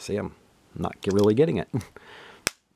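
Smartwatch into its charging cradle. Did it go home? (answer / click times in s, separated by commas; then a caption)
yes / 2.5 s. A Samsung Gear 2 smartwatch is pressed hard into its charging cradle, with its charging pins on the back lined up against the cradle, while someone talks. It snaps into place with one sharp, loud click at 2.5 s, and the watch is seated.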